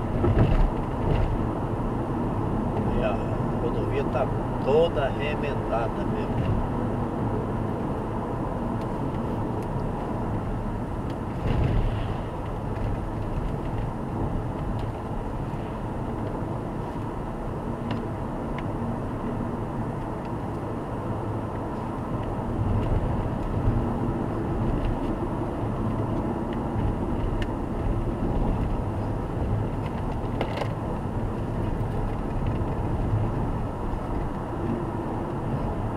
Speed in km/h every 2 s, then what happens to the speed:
90, 90, 89, 86, 84, 84, 77, 78, 80, 83, 86, 86, 83, 78, 80, 81, 82, 81.
0-12 slows to 77. 12-20 speeds up to 86. 20-26 slows to 78. 26-36 steady at about 81.